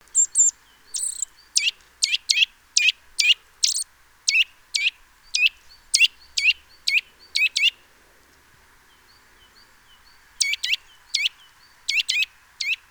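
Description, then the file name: Eurasian nuthatch giving sharp, loud calls in a quick, steady series, a pause, then resuming. "Sitta europaea"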